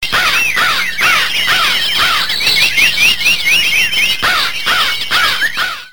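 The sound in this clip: Birds calling in a busy chorus of squawking, chattering notes, with many overlapping rising and falling chirps throughout.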